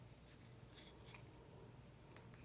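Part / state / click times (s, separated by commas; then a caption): D-shaped plastic model part into its socket on the car body / not seated / none. A D-shaped plastic part of a Fanhome 1966 Batmobile model kit, shaped so it fits only one way, is handled and lined up with its socket on the car body. Soft rubbing and a few faint plastic ticks sound over a low background hum. Nothing has seated or clicked yet.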